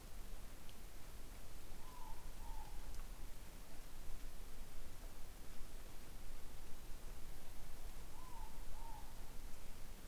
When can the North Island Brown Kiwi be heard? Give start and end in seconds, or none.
none